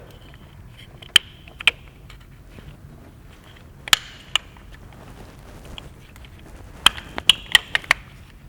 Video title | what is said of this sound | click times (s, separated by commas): DIY - VW/Audi 2.0T Gen 3 Coil Pack & Spark Plug Replacement - ECS Tuning | going to give you a nice click to confirm that they're in that | 1.2 s, 1.7 s, 3.9 s, 6.9 s, 7.3 s, 7.6 s